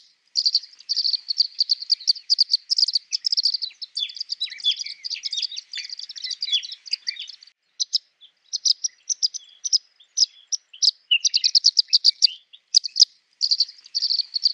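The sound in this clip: African silverbill twittering: a dense run of high, thin chirps and trills, then broken into short bursts and single notes with brief pauses between them.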